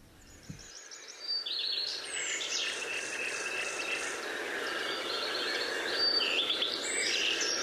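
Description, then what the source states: Common nightingale song: varied whistled and chattering phrases following one another, with other birds singing behind. Nightingales singing everywhere at dawn at the edge of woodland and water in coastal dunes, Netherlands.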